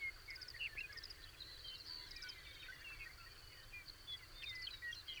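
Birds twittering with short chirps and quick trills scattered throughout, against a steady high drone and low background rumble.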